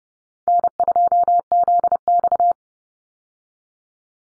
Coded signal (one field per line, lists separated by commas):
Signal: Morse code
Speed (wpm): 30 wpm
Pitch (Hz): 700 Hz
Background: none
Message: N2ZX